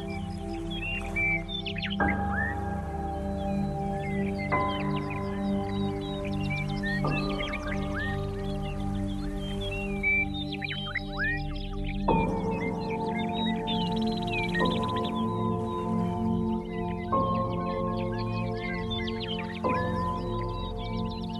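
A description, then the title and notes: Steady, layered tones at 396, 432 and 528 Hz hum beneath a low drone, the chord shifting to a new set of pitches about every two and a half seconds. Small birds chirp and twitter brightly and busily throughout, above the tones. 396 Hz + 432 Hz + 528 Hz.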